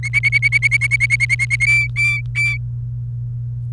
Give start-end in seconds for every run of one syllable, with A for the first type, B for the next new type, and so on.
0.03-1.66 A, 1.67-2.57 B